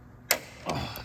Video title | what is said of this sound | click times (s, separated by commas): Ratchet Extension Aliexpress Review | I think that was the torque spec you could hear a click | 0.3 s